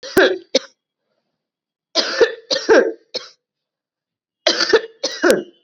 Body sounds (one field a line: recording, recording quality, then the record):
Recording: heavy voluntary cough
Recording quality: excellent, no background noise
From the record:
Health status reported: COVID-19 positive, mild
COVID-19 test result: positive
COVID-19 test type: RT-PCR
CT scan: not taken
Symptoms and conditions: cough, sore throat, fever, fatigue, muscle pain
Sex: female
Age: 36 years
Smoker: no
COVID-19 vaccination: both doses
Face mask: not worn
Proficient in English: yes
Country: India